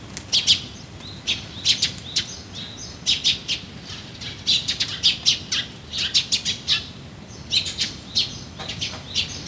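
Bird calling with rapid high chirps and tweets in irregular clusters, some notes louder and sharper, continuing throughout with short gaps.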